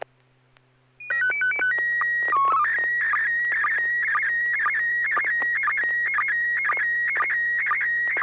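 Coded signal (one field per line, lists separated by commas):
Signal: SSTV (slow-scan television)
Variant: PD120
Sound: quick rising beeps, steady tone, short warble code, then continuous buzzing scan warble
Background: low hum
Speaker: Thank you. Yeah, this is going to be PD 120, N6HA.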